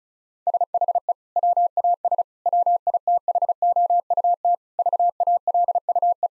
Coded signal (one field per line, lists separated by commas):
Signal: Morse code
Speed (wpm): 34 wpm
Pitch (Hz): 700 Hz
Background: none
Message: SHE WAS WITHOUT VALUE